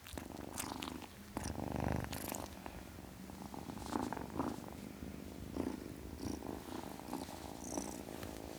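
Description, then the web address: Domestic cat purring, a steady low rumbling vibration with soft breathy pulses and occasional small clicks and rustles. Ten-week-old domestic kitten, purring. "BBC Sound Effects Library Cats Ten Week Old Kitten, Purring"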